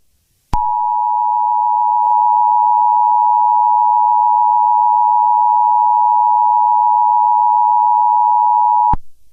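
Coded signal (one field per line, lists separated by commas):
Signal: Emergency Alert System (SAME) tones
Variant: 853 and 960 Hz attention tone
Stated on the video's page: Fictional scenario.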